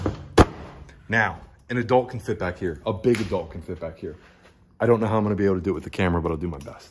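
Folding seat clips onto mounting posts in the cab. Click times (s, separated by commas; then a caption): 0.4 s. The folding seat in the cab of a Honda Pioneer 700-4 (Deluxe) is pushed down so its two clips snap onto the mounting posts, giving a sharp, loud snap at 0.4 s as the seat clips in and is seated. Someone then talks.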